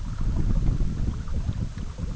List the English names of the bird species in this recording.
none